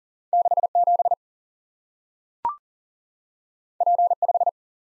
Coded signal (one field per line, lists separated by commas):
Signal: Morse code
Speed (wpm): 39 wpm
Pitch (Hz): 700 Hz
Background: none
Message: 67 P5